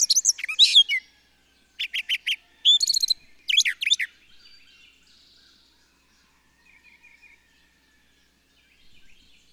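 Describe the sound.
Bird song: several quick bursts of high chirps and rising whistles in the first four seconds, then quiet with a few faint, softer notes.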